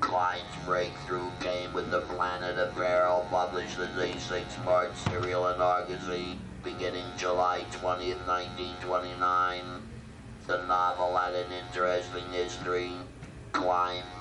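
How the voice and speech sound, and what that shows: An adult male speaks using an electrolarynx, a voice that sounds as if it were from outer space.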